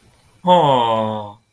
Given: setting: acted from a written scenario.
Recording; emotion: vocal sound without words; adoration